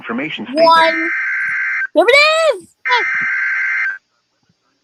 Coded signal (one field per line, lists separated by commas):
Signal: Emergency Alert System (SAME) tones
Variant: header bursts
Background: speech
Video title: Tornado warning for ￼ Florida EAS